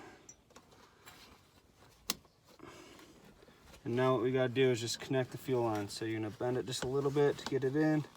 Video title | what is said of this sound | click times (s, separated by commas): CHEVY SUBURBAN WONT START!!!!!! 2001 Chevy suburban fuel pump replacement | you'll hear it click and | 2.1 s